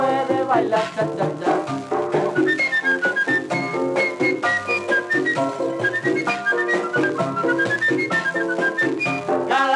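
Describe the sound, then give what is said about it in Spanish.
A whistle blown to signal that cha-cha-cha can be danced: shrill whistle tones ring out in a stepping, repeated melody over busy, rhythmic dance music, loud and steady throughout with no talking. “Cada 5 minutos un silbato sonará, indicando que se puede bailar cha-cha-cha.”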